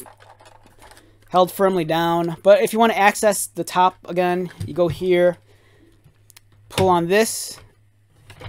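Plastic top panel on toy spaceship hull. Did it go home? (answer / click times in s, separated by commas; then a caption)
released / 8.3 s. Someone talks while pulling on the plastic top panel of a toy spaceship hull, and at 8.3 s a sharp pop is heard as the panel pops open so it can be removed.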